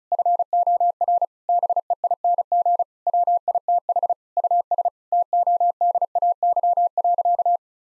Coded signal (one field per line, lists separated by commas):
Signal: Morse code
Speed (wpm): 36 wpm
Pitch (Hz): 700 Hz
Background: none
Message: FOR BEING WITH US TODAY.